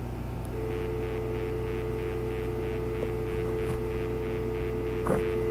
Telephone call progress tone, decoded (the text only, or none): dial tone